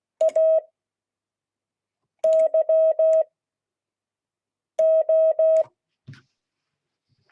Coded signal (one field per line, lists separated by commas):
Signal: Morse code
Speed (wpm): 16 wpm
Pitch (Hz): 640 Hz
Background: none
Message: A Y O